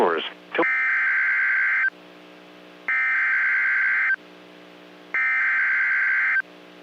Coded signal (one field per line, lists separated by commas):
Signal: Emergency Alert System (SAME) tones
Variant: header bursts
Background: speech